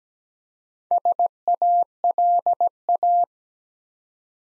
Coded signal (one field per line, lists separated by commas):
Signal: Morse code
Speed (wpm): 17 wpm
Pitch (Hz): 700 Hz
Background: none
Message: SALA